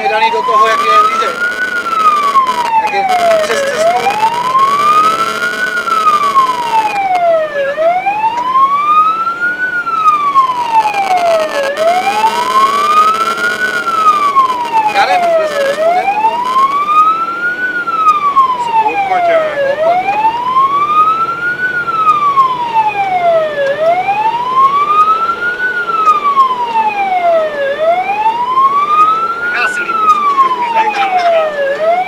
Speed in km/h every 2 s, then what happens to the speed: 58, 59, 63, 65, 69, 72, 76, 78, 81, 82, 84, 87, 87, 84, 79, 81.
0-22 speeds up to 87. 22-32 slows to 81.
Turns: none.